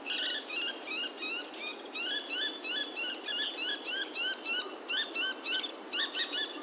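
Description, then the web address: Bird calls: busy, fast repeated high chirps and upslurred notes, several per second, continuing throughout with slight irregular rhythm over faint background hiss. 18 October 2019, Kitamoto. "yacho koe 191018 kitamoto"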